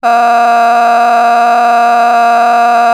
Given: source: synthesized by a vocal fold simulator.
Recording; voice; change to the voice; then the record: sustained vowel; female; a random mix of aspiration noise, stiffness perturbation and strain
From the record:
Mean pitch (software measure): 236 Hz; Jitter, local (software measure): 1.41%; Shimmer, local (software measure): 7.1%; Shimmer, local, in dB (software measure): 0.62 dB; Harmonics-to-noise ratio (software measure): 15.9 dB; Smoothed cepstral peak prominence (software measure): 16.5 dB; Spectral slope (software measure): -18.0 dB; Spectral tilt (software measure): -9.1 dB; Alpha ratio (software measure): -8.4 dB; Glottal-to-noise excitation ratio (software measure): 0.952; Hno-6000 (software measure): 1.9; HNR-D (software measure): 36.6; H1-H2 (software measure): -3.7 dB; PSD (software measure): 7.3e-05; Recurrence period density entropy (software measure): 0.116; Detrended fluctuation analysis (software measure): 0.0106